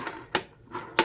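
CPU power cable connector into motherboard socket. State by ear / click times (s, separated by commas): seated / 0.4 s, 1.0 s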